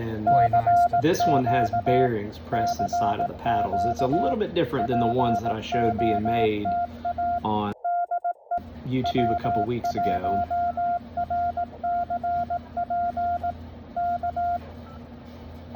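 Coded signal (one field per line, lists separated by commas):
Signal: Morse code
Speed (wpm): 18 wpm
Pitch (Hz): 700 Hz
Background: speech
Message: CQ CQ POTA DE W1RCP K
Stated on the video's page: CW from a Sunday morning state park outing for the NAQCC challenge, under poor band conditions.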